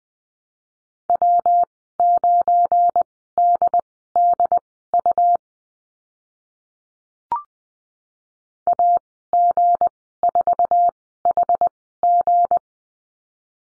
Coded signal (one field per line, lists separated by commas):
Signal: Morse code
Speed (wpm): 20 wpm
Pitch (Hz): 700 Hz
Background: none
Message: W9DDU AG4HG